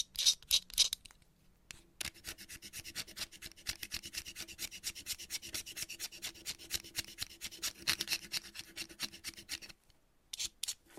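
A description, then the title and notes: Chalk is scraped and cut in quick strokes, a dense run of dry rasping from about two seconds to nearly ten. A few sharper, brighter scratches open the clip and return near the end, with brief pauses between bursts. Chalk Cutting. No Talking.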